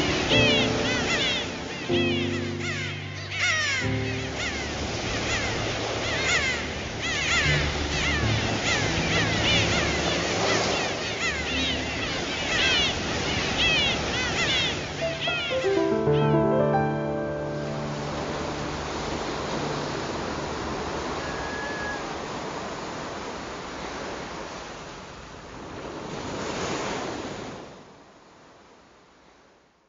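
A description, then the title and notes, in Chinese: Sea surf rushes steadily with a swell near the end, while held tones and voices sound over it early on, then everything fades out. 海潮音。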